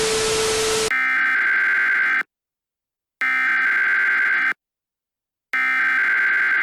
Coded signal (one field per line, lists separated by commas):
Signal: Emergency Alert System (SAME) tones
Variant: header bursts